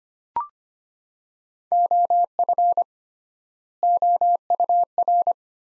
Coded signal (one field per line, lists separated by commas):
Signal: Morse code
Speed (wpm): 25 wpm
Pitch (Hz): 700 Hz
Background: none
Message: OF OUR